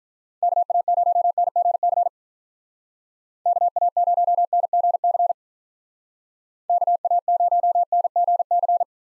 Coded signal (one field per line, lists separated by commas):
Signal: Morse code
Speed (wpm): 43 wpm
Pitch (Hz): 700 Hz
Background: none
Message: KA0NGC KA0NGC KA0NGC